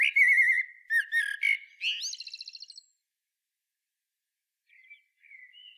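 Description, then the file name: Common blackbird delivering a fluty warbled phrase that runs into a rapid high trill, followed by silence and faint soft warbling. "Turdus merula"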